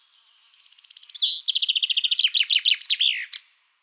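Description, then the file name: Common chaffinch song: a rapid series of high notes falling through three trilled phrases, closing with a short downward flourish, then silence. "Fringilla coelebs"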